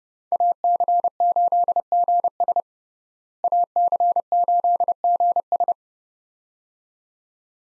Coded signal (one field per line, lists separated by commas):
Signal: Morse code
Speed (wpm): 30 wpm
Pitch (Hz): 700 Hz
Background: none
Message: AC8GS AC8GS